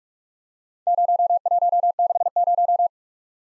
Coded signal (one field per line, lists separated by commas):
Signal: Morse code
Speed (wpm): 43 wpm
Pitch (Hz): 700 Hz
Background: none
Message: 0160